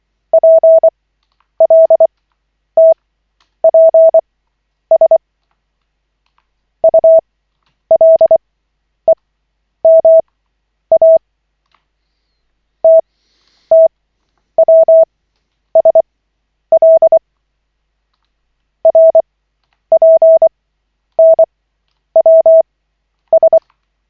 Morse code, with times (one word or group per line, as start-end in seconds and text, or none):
0.3-5.2 PLTPS
6.8-11.2 ULEMA
12.8-17.2 TTWSL
18.9-23.6 RPNWS